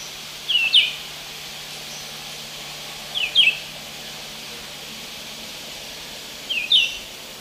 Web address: Natures Songs S America Eastern Lowlands. Vireo olivaceus, song